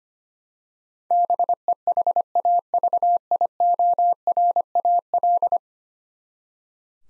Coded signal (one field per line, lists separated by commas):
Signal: Morse code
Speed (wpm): 25 wpm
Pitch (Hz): 700 Hz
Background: none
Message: BEHAVIORAL